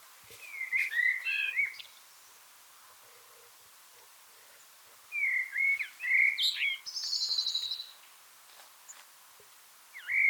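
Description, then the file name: Eurasian blackbird song of mellow warbled phrases, one ending in a high, scratchy squeak, with a pause of a few seconds between phrases. "Turdus merula"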